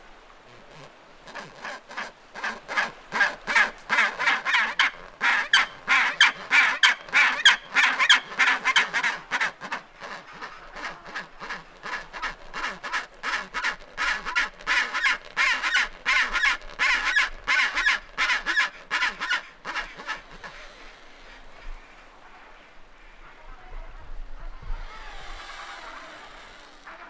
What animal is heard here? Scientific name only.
Pygoscelis antarcticus